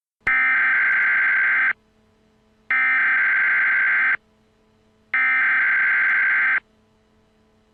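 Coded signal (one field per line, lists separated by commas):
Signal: Emergency Alert System (SAME) tones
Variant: header bursts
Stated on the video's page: Fictional EAS scenario.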